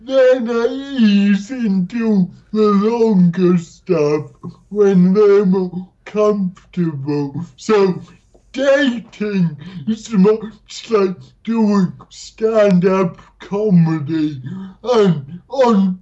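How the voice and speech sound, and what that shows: An adult man, a disabled comedian from the UK who has cerebral palsy, speaks slowly in short phrases, with stretched vowels and consonants, a nasal tone and frequent pauses, though words stay intelligible. This is dysarthria, a motor speech disorder, linked here to cerebral palsy.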